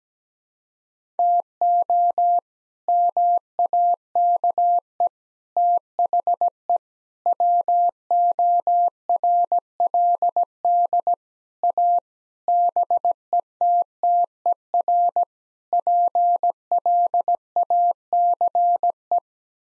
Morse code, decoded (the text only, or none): TO MAKE THE WORLD A BETTER PLACE